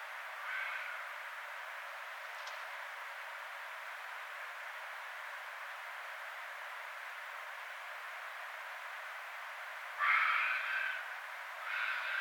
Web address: Red Fox 2012 02 06 Red Fox